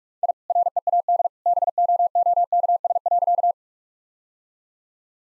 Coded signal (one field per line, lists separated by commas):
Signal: Morse code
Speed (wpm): 41 wpm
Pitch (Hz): 700 Hz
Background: none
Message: I READ BOOKS.